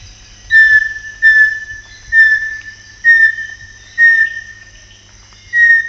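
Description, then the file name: Bartlett's tinamou singing six pure whistles at a steady pitch, each slightly falling, about one per second, with a longer gap before the last; faint low hum beneath. "Joseph Tobias and Nathalie Seddon - Bartlett's Tinamou (Crypturellus bartletti)"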